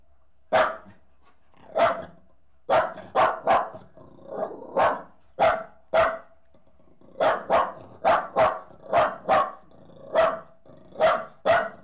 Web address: The BBC Sound Effects Library - Complete 60 CDs Collection Sound Effects Library (Horses # 2 and Dogs)